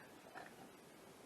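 The lid of a small manual kitchen food chopper is handled onto its bowl after pecans have been put inside. Only faint, steady handling noise with a few light ticks is heard. Nothing has seated or clicked yet, and the lid has not locked into place.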